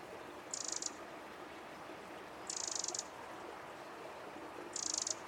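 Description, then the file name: Eurasian wren giving short, high, buzzy rattling calls, three bursts spaced about two seconds apart, over a steady low background hiss. "Troglodytes troglodytes"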